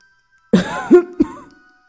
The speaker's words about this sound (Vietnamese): Lão ho hai tiếng, giống như vô cùng đau lòng.